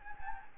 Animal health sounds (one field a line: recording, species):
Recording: mosquito wingbeat signal from an infrared sensor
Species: Anopheles gambiae